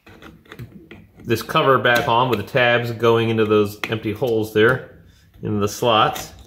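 The plastic spool cover of a Hyper Tough 20V battery string trimmer is being handled as it is lined up to go back onto the trimmer head, with its tabs going into the empty slots. Someone talks throughout, over a few faint handling ticks near the start. The cover has not snapped on or seated yet.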